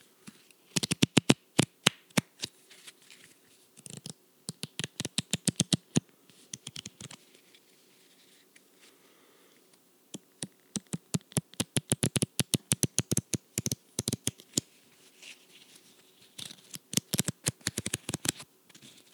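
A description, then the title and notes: A deck of cards is handled in rapid bursts of sharp, crisp snapping flicks, pausing near seven and fifteen seconds before resuming. Playing with a Deck of Cards.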